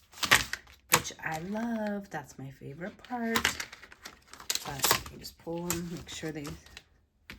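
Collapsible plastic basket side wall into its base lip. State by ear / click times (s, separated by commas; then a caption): seated / 7.3 s. A side wall of a collapsible plastic basket is pulled up until it pops over the small lip at the bottom of its base and locks upright. Someone talks over scattered light clicks and handling noises. At 7.3 s a sharp pop is heard as the wall seats into place.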